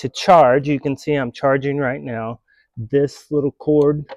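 A small charging cord is handled at the charging port on the plastic body of a cordless, battery-powered pool leaf vacuum while someone talks, with a brief quiet pause near the middle. The cord has not seated or clicked into the port yet.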